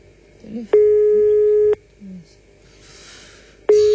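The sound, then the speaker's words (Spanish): A telephone busy signal: a steady, mid-pitched electronic tone sounds for about a second, cuts off, then returns after a long gap, with faint muffled sounds in the silence between. “Teléfono de mierda.”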